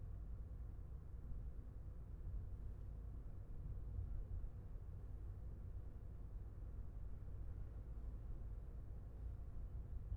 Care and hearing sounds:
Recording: everyday scene through a hearing-aid microphone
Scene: in a vehicle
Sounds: engine, traffic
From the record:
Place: Skoda Fabia, gasoline engine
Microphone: behind the ear, left, front

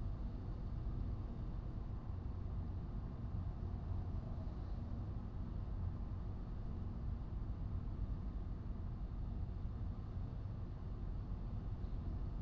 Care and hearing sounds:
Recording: everyday scene through a hearing-aid microphone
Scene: in a vehicle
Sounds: engine, highway driving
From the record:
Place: Skoda Fabia, gasoline engine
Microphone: in the ear canal, right

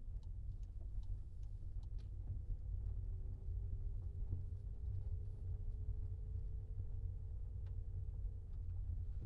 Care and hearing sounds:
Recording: everyday scene through a hearing-aid microphone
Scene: in a vehicle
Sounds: engine, rumble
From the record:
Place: Skoda Fabia, gasoline engine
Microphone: in the ear canal, left

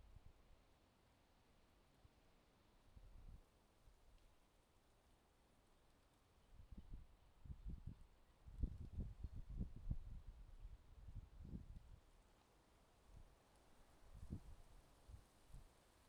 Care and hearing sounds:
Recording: everyday scene through a hearing-aid microphone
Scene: wind on the microphone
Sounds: wind, traffic, birds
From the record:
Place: suburban garden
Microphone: in the ear canal, left

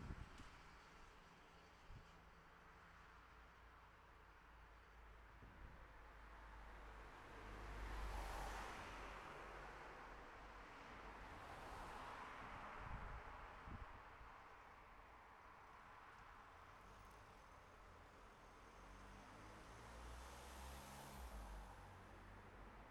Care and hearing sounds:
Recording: everyday scene through a hearing-aid microphone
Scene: in traffic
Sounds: traffic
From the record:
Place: city secondary road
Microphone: behind the ear, left, rear

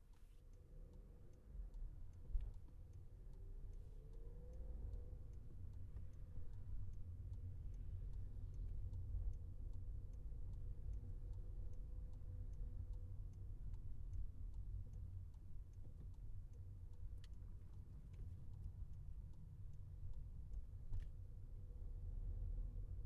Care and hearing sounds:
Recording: everyday scene through a hearing-aid microphone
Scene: in a vehicle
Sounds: engine, highway traffic jam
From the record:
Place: Skoda Fabia, gasoline engine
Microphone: behind the ear, left, front

